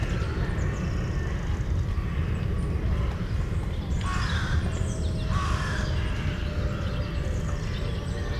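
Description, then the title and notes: Crow giving two hoarse caws, set against continuous low engine-like noise. Bois de la Cambre, Brussels, Belgium; Lom mikroUsi microphone into a Deity PR-2 recorder. "Bois de la Cambre, Bruxelles, Bruxelles-Capitale, Belgique - corvids, woodpeckers planes and joggers. Corbeaux. corneilles, joggers, pic-épeiche, avions"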